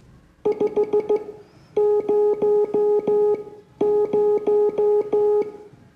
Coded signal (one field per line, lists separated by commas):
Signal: Morse code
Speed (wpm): 16 wpm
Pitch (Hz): 420 Hz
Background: music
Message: 500